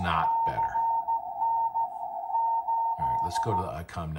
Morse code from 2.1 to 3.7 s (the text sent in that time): 8